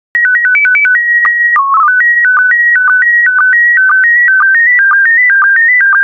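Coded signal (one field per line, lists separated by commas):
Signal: SSTV (slow-scan television)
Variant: PD 120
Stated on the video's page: PD120-mode SSTV images of ocean life, prepared for listeners to practise decoding.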